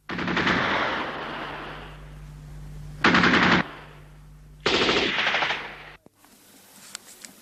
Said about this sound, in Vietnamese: Thỉnh thoảng có tiếng súng máy ở xa vọng lại.